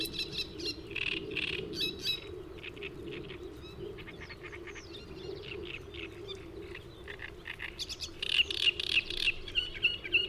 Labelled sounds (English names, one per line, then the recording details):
Great Reed Warbler song
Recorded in the wild
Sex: male
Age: adult
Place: Hobrechtsfelder Rieselfelder, Naturpark Barnim, Brandenburg, DE
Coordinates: 52.6678, 13.4708
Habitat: pond
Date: 2008-05-03
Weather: fair, ca. 15°C, weak south-westerly winds
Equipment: Sound Devices 702, Sennheiser MKH 70, Windkorb
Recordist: Frommolt, Karl-Heinz